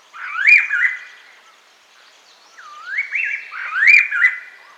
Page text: Silver-Eared Laughingthrush Call. Quick Sounds